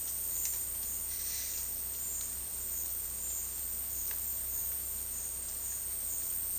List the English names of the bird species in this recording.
none